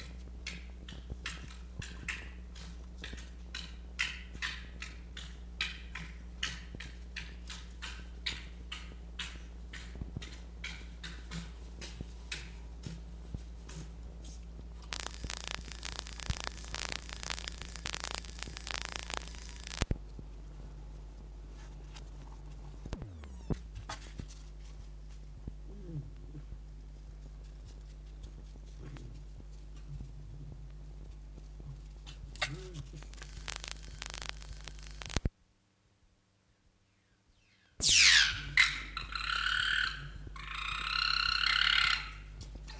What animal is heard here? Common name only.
Red Fox